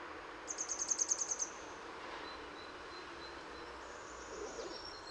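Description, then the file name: Grey wagtail giving a rapid series of about ten sharp, very high notes lasting one second, then quiet with a steady background hiss. Recorded in Utrecht. "Grote gele kwikstaart in Utrecht - luc de bruijn"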